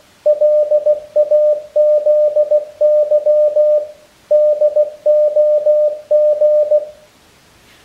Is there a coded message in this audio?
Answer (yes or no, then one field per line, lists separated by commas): yes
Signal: Morse code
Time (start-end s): 0.3-6.8 s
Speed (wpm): 16 wpm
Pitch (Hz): 600 Hz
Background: none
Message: LAZY DOG